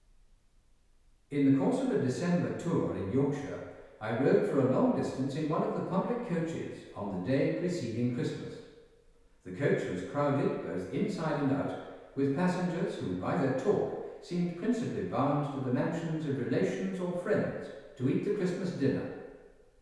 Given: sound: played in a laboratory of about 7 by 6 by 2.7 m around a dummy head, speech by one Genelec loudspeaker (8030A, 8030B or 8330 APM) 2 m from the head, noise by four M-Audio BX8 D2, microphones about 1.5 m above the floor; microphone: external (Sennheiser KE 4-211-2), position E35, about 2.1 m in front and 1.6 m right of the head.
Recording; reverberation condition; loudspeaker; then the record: male speech in English; high; behind (180 degrees)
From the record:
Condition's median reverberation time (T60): about 1300 ms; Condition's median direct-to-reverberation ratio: about -4.0 dB